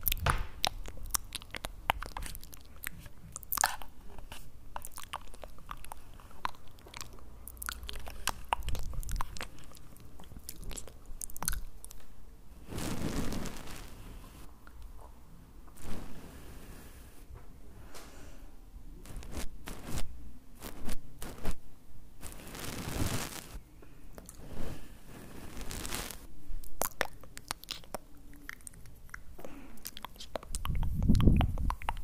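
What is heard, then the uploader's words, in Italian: Mouth sounds fill the recording: soft wet clicks, smacks and crunchy chewing noises arrive in irregular, fairly dense bursts throughout. Several louder, longer crackles stand out around 13, 23 and 26 seconds, and a low thump closes the clip near 31 seconds. ASMR mouth sounds triggers pulizia energetica. Mouth sounds rilassanti.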